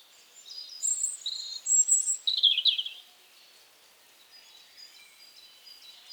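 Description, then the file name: European robin singing one short phrase of high, pure whistles sliding into a twittering trill, followed by quiet. "Erithacus rubecula"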